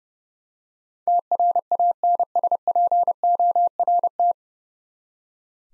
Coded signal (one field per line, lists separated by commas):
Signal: Morse code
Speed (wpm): 30 wpm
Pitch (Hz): 700 Hz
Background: none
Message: TRANSPORT